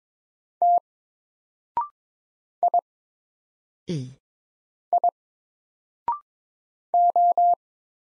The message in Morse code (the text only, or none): T I I O